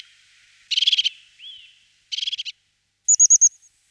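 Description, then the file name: European crested tit producing two short buzzy, rolling trills separated by a soft slurred note, then a quick series of four piercing high notes. "Sykora parukarka Parus cristatus"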